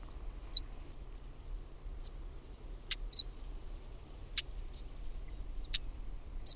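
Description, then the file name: Northern wheatear calling: clear whistled notes mixed with dry clicking chacks, irregularly spaced, with a faint low hum beneath. "KIVITASKU"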